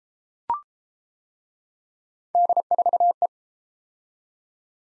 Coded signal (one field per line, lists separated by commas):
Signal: Morse code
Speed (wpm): 29 wpm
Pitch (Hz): 700 Hz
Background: none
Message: D4E